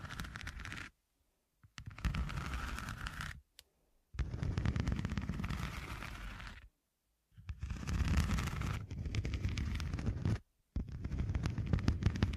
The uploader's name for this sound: Pure Scratching